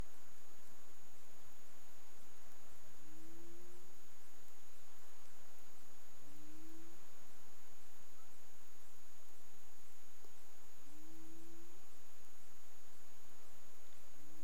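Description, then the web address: Humpback whale calls: low, rising tonal moans repeated several times, heard over constant hiss and a steady electrical whine. Caribbean, 15 March 2035, 16:59 UTC. "humpback whale 20350315 165957 UTC"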